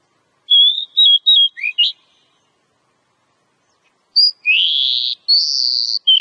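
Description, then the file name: Oriental magpie-robin song: a row of clear whistles ending in upslurs, silence, then harsh buzzy notes and high whistles; clean, with no background. Lure recording ('pikat') of Oriental magpie-robin song, locally called kacer. "suara kacer pikat"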